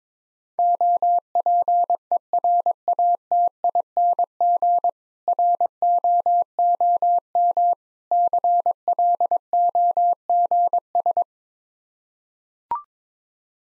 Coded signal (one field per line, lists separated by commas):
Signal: Morse code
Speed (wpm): 22 wpm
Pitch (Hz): 700 Hz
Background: none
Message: OPERATING ROOM CLOGS